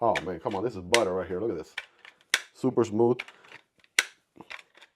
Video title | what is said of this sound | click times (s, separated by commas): These AMAZON Knives Just CRUSHED The Competition! (Kizer Bulldog Fix & Area Eight) | Nice satisfying click. | 4.0 s